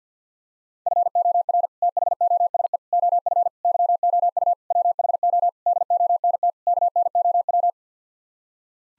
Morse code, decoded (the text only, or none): FOR THOSE OF YOU WHO DONT KNOW